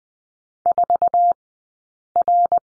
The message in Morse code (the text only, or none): 4R